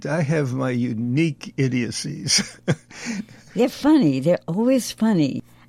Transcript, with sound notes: I have my unique idiocies. (laughs)
They're funny, they're always funny.